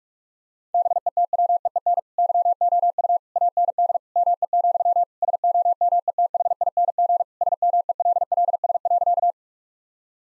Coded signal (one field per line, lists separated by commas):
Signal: Morse code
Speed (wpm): 46 wpm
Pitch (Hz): 700 Hz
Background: none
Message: BETWEEN YOU AND ME, SOMETHING SMELLS.